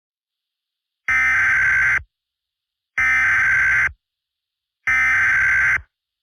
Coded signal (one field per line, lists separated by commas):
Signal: Emergency Alert System (SAME) tones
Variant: header bursts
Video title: EAS Scenario 2: The Great Tornado Outbreak